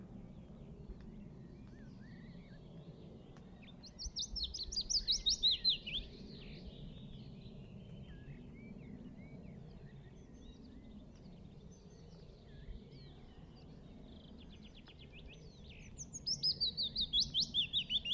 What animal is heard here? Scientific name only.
Phylloscopus trochilus